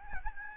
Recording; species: mosquito wingbeat signal from an infrared sensor; Aedes albopictus